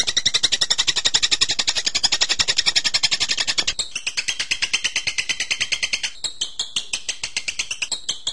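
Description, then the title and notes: Bird singing a fast, rhythmic high chatter; the first half is louder, then the phrase shifts to a thinner, varied series of pulsed notes. Birdsong for training (masteran). "MASTERAN BURUNG. suarane manok"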